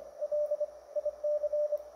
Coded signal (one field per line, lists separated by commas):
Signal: Morse code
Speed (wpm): 26 wpm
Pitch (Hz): 600 Hz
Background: none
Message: LIC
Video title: Copying CW on a Receiver with Diode Clipping